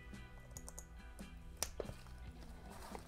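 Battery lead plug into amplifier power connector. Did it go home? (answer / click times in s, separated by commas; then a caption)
yes / 1.6 s. A LiFePO4 battery's lead plug is pushed into the power connector of an amplifier and speaker circuit. It seats with a sharp click at 1.6 s, after a few faint ticks and small handling sounds against a steady low hum.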